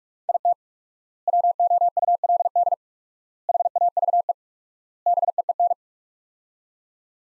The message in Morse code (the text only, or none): IT WOULD HAVE BEEN